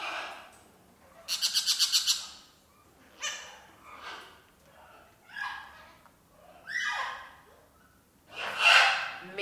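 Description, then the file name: Caged birds chirping and squawking, a rapid buzzy rattle of repeated notes, then several separate harsh squawks spaced a second or two apart. Birds in an indoor birdcage. "indoor birdcage birds"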